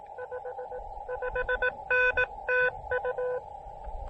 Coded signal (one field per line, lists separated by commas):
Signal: Morse code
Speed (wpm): 18 wpm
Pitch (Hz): 500 Hz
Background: none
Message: 55N TU